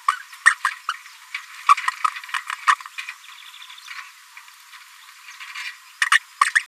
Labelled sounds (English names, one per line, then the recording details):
Green-rumped Parrotlet babbling
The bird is a female
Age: 27 days
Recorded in a nest box in Venezuela
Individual 17B73B2